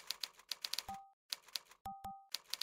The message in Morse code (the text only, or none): none